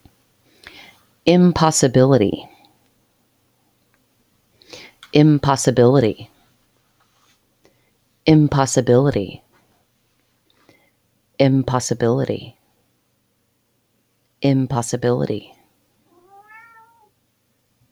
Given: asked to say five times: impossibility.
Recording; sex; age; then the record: repeated word; female; 40 to 49 years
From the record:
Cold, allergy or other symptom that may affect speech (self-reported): no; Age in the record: 41 years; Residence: Oklahoma, United States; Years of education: 16